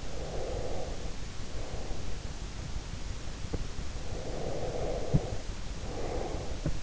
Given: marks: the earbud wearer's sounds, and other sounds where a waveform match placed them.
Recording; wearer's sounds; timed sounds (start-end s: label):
sounds in sleep by an in-ear microphone; breath
0.00-2.39 s: breath
4.14-6.76 s: breath